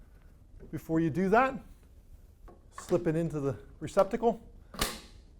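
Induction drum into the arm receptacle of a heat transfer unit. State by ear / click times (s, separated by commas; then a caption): seated / 4.8 s. An induction drum is slipped into its receptacle on the locked arm of a heat transfer unit while someone talks. At 4.8 s it latches with a sharp click, seating firmly with a click lock.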